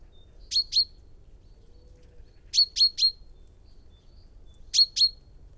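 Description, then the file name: Common chaffinch giving sharp metallic call notes in short runs of two or three, spaced a couple of seconds apart, against a soft steady hum. "Fringilla coelebs"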